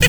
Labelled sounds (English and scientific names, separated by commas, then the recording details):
Zebra Finch (Taeniopygia guttata) hat call
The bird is a female
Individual fem2